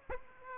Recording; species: mosquito wingbeat signal from an infrared sensor; Aedes aegypti